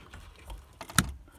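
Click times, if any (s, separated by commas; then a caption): 1.0 s. A wiring plug is pushed onto the new turn-signal stalk switch of an Aixam 741 microcar, with a few faint taps and rustles leading up to it. A sharp, bright click at 1.0 s marks the connector seating, confirmed held by lightly tugging on the wires.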